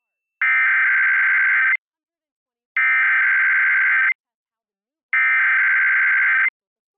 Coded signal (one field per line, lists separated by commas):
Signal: Emergency Alert System (SAME) tones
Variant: header bursts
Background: speech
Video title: EAS #1042-1044: 3 EAS Required Monthly Tests- Jan. 7, 2025- 10:15AM PST